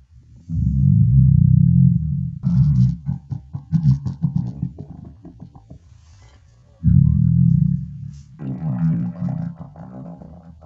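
Deep, low rumbles come in two long drawn-out growls of about one to one and a half seconds, with bursts of bubbly gurgling between and after them. These are ordinary hunger-related bowel sounds (borborygmi), a normal stomach growl from a tummy that wants food.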